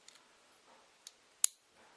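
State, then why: Seated. A plastic push-in clip on an aluminium CPU cooler mounting bracket is pressed into its hole. Faint ticks at 0.1 s and 1.1 s are followed by a sharp, loud click at 1.4 s as the clip seats.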